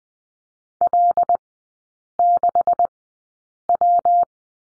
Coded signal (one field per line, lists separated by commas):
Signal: Morse code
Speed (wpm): 20 wpm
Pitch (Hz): 700 Hz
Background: none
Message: L6W